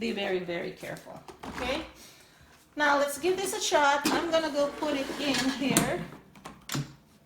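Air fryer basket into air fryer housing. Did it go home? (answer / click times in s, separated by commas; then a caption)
no / none. Someone talks while handling the removable basket of a Habor air fryer, about to slide it into the air fryer housing, with a few brief handling sounds near the end around 6.4–6.7 seconds. The clip ends before the basket goes home, so nothing has seated or clicked yet.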